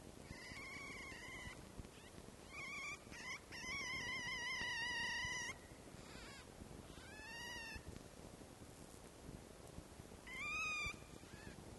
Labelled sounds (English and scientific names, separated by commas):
Red Fox (Vulpes vulpes)